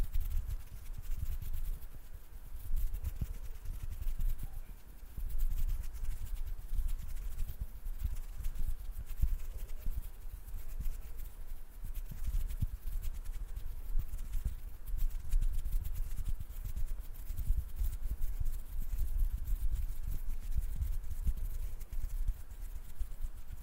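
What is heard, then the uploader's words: Intense hand sounds: dense rubbing and patting with heavy low thumps that crowd the microphone throughout. The texture stays steady and busy, with quick irregular taps and soft clip-clop-like knocks over a faint airy hiss, and no talking. ASMR HAND SOUNDS NO TALKING,INTENSE HAND SOUNDS ASMR NO TALKING. ASMR HAND MOVEMENTS.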